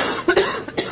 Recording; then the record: coughing mixed with background sound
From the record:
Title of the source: 30 Chesty and wet cough